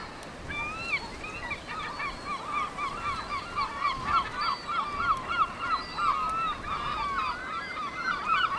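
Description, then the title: Seabirds calling in a crowded colony, a steady stream of overlapping nasal, curving cries and a few drawn-out wails, wind rumbling low throughout. Windy day, 5 June 2009, Cap Fréhel; seabird colony on two islets east of the cape, calling continuously; mono recording. "Oiseaux marins au Cap Fréhel"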